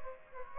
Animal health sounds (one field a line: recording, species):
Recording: mosquito wingbeat signal from an infrared sensor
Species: Aedes aegypti